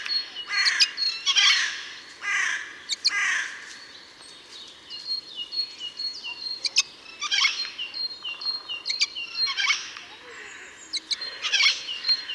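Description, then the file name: Eurasian jay giving rasping screeches in short clustered bursts, a pause, then more, with thin high notes from another bird throughout. "Garrulus glandarius"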